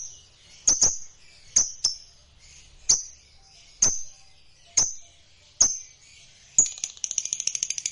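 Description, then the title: Lovebird giving sharp high chirps roughly once a second, then breaking into a rapid pulsed chatter. A lazy, quiet lovebird stirred into singing. "LOVEBIRD Malas Bunyi JADI GREGET SPONTAN Langsung NARIK"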